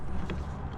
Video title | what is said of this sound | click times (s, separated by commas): Throttle Body Cleaning Chevrolet Impala and Purge Valve Replacement | Got a nice click there. | 0.3 s